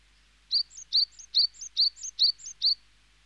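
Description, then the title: Small birds: small bird chirping: six loud, high two-part chirps in an even, fast rhythm, each with a quieter upslurred tail note. "NHK Sound Effects Collection - 2-Waves, Rivers, Birds"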